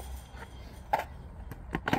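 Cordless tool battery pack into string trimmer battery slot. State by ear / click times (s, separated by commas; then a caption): not seated / none. An 18V 1.3 Ah drill battery pack, charged to full, is handled and pushed toward the battery slot of a Ryobi One+ 18V 2Ah 23 cm cordless string trimmer, producing sharp plastic-like knocks near 0.9 s and 1.9 s over quiet background noise. Nothing has seated or clicked yet.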